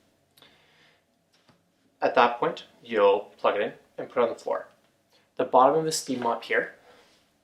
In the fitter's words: it slides in you'll hear click at